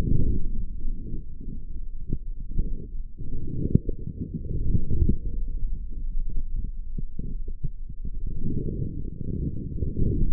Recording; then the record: forearm muscle sounds (acoustic myography)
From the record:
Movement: forearm supination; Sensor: system 3, bracelet of six PUI Audio POM-2738L microphones around the upper forearm, with dedicated amplification and filtering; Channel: 6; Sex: male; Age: 25 years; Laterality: right